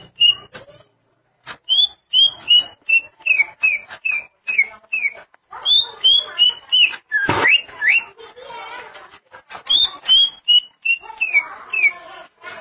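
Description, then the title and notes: Greater green leafbird singing a series of clear, repeated whistled notes about three per second, broken by a loud sweeping call and scratchy chatter. "Suara Kicauan Burung Cucak Ijo"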